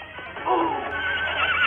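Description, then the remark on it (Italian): The horse Furia lets out a loud, shaky whinny with wavering high-pitched tones that rise and fall over a second or so, with a low steady hum underneath. “Finché non è montato in sella, poi impinnati come sai fare tu.”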